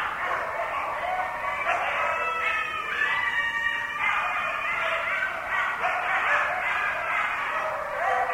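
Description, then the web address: Coyotes howl and yip in a sustained chorus, overlapping sliding notes and quavering calls running steadily throughout. Several coyotes; recorded 6 November 2010. "Coyote 2010 11 06 Coyotes"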